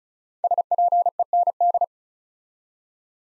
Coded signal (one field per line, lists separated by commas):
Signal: Morse code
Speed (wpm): 36 wpm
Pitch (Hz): 700 Hz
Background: none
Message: SPEND